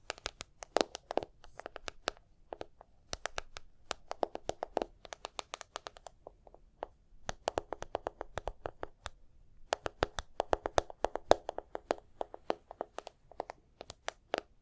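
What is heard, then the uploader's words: Tapping and scratching in quick, uneven bursts, with sharp clicks crowding together in clusters and short pauses between them, around 6 and 9.5 seconds. The taps are crisp and bright, some with a hollow, knocking tone, over a low, quiet background. Tapping and Scratching (No Talking).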